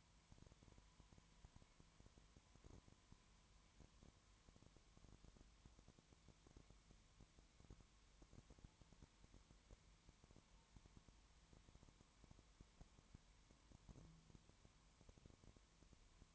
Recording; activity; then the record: daily activity, microphone in the room; no activity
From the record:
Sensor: 3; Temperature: 20.2 degrees Celsius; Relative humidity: 31.4%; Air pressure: 1001.3 hPa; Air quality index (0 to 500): 74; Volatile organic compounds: 1 ppm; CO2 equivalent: 693 ppm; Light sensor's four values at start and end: 2/3/2/2 and 2/3/2/2